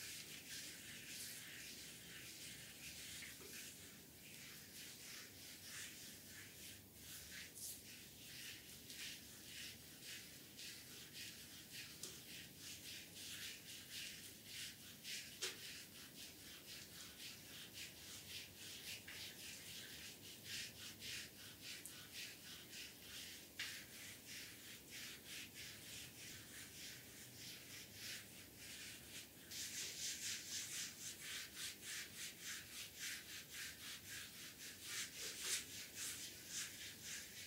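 Back scrubbing during a spa massage, a steady, dense, hissing rub with quick repeated strokes, growing slightly louder and rougher near the end.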